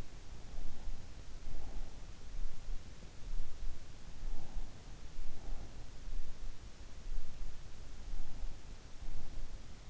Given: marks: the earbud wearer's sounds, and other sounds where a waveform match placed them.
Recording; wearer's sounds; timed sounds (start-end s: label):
sounds in sleep by an in-ear microphone; breath
0.00-2.39 s: breath
3.84-6.72 s: breath